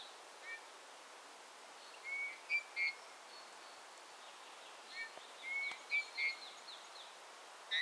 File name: Pyrrhula pyrrhula